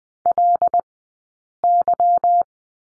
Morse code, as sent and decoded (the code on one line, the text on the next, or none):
.-.. -.--
LY